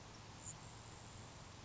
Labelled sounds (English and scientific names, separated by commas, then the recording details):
Grasshopper Sparrow (Ammodramus savannarum)
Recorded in Sonoma County, California